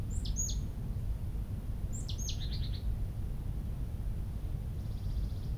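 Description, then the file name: Marsh Tit calls: two bursts of sharp high notes, the second trailing into a short buzzy rattle, then a faint buzzy rattle near the end, over a low constant background hum. "Poecile palustris"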